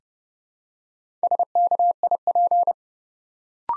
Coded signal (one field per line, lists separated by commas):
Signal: Morse code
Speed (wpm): 30 wpm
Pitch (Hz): 700 Hz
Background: none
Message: SKIP